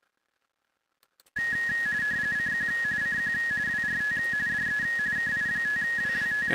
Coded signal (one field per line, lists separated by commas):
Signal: RTTY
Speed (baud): 45.45 baud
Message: CQ CQ WRT DE KI5WWT